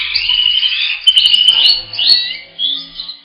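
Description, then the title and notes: Bird delivering a fast, twittering warble of high sliding notes, broken by brief pauses and a few sharp ticks. Indonesia. "Kumpulan Kicau Burung Indonesia"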